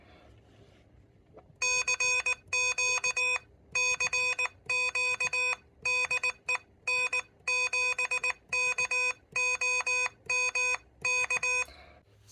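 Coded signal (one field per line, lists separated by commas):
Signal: Morse code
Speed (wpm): 19 wpm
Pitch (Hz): 2500 Hz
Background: none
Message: CQ CQ DE N7KOM K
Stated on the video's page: Morse sent on third-party and stock paddles with the Elecraft KH1 radio.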